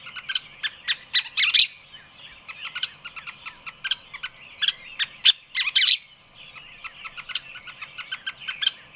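Many birds chirping over one another, quick tweets and short squawky bursts repeating, with several louder peaks throughout.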